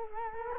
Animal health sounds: mosquito wingbeat signal from an infrared sensor; Culex quinquefasciatus

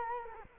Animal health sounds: mosquito wingbeat signal from an infrared sensor; Culex quinquefasciatus

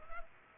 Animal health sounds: mosquito wingbeat signal from an infrared sensor; Culex pipiens

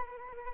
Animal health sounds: mosquito wingbeat signal from an infrared sensor; Anopheles arabiensis

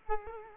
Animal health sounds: mosquito wingbeat signal from an infrared sensor; Culex quinquefasciatus

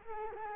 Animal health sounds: mosquito wingbeat signal from an infrared sensor; Culex quinquefasciatus

